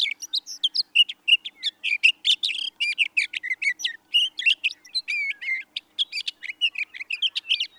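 Sage thrasher giving its rambling song: quick, varied notes strung together nonstop, bright and high, with tiny gaps between bursts.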